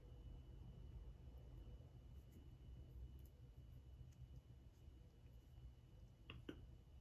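The last percussion cap is pressed onto the final nipple of a Remington 1858 Sheriff revolver cylinder. After a low steady background hum with a faint thin tone, a short sharp click is heard at 6.3 s, followed by a softer second snap just after. The cap is seated.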